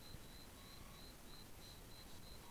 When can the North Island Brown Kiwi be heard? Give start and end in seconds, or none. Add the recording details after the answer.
none. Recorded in New Zealand on 11 December 2014. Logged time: 22:44. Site CF20